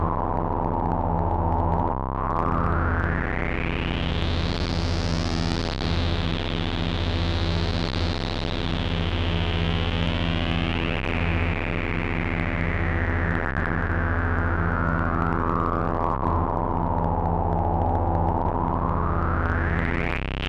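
Buzzing square-wave synth tones hold a steady, dense drone at constant loudness for the whole twenty seconds. A filter sweep brightens the sound sharply around five seconds, then slowly dulls it until about eighteen seconds before it opens up again at the end.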